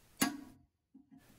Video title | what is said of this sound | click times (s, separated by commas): How to Install Fluidmaster 641 Universal Perfect Fit Toilet Tank Lever Handle. | and press until it clicks in | 0.2 s